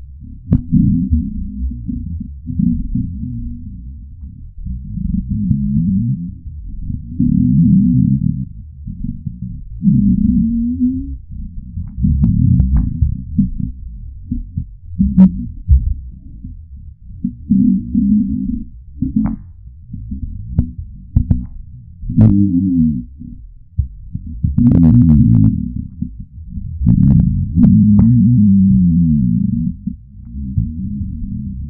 Intensive Hunger Moans Deep Pitched Grumbles of My Stomach.